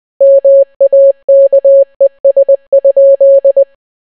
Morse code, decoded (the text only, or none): MAKES?